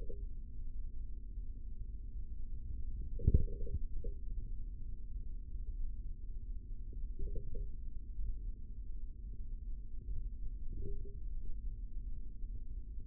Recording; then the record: forearm muscle sounds (acoustic myography)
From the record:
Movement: tripod grip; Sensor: system 3, bracelet of six PUI Audio POM-2738L microphones around the upper forearm, with dedicated amplification and filtering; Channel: 5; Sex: male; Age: 25 years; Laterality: right